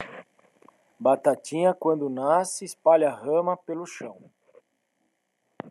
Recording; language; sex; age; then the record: short text; Brazilian Portuguese; male; 40 to 49 years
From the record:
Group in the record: control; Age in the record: 43 years